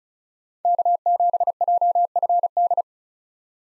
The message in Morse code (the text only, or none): K7JFD